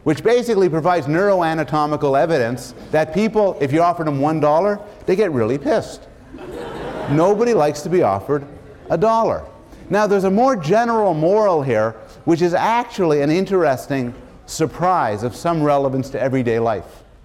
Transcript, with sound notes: which basically provides neuroanatomical evidence that people — if you offered them one dollar they get really pissed. [laughter] Nobody likes to be offered a dollar. Now, there's a more general moral here, which is actually an interesting surprise of some relevance to everyday life.